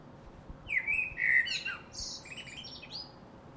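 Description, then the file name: Common blackbird delivering a single rich, warbled phrase that rises into a thin, high-pitched twittering finish. "Turdus merula"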